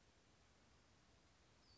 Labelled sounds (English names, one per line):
Western Flycatcher